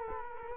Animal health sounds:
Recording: mosquito wingbeat signal from an infrared sensor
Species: Culex quinquefasciatus

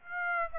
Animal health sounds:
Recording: mosquito wingbeat signal from an infrared sensor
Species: Aedes aegypti

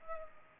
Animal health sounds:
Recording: mosquito wingbeat signal from an infrared sensor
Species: Culex pipiens

